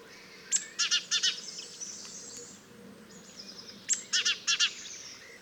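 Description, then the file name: Great tit with two bursts of buzzy, scolding chatter separated by a pause. "Parus major"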